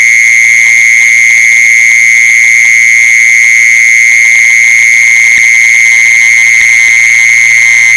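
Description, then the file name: Mole cricket giving a sustained, monotonous high-pitched trill from start to end, with a few faint knocks in the background. "tieng de trui de chui"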